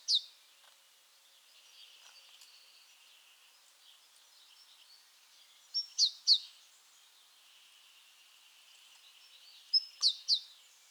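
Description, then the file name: Great tit calls over steady background hiss: bursts of a high note and two quick falling notes, about four seconds apart. "Parus major"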